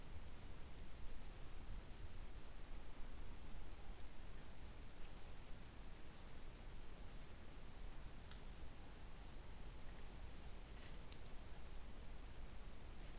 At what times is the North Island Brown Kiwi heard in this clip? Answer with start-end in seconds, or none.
none